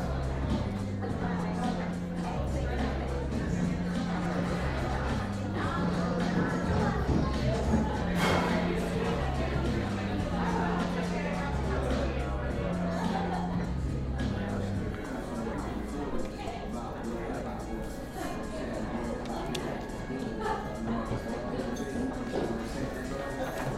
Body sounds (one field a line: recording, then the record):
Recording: background sound without coughing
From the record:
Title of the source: 60 minutes of coffee shop sounds for study and concentration